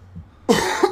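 A single cough from an adult man.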